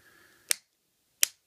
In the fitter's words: and hear them snap it so this is what you're left with